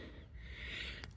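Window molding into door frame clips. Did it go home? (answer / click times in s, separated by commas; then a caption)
yes / 1.0 s. After a hard push, the rubber window molding on a 2011-2017 Honda Odyssey minivan snaps down onto its door frame clips. A steady low rumble and hiss run under a single sharp click at 1.0 seconds, and the molding is seated.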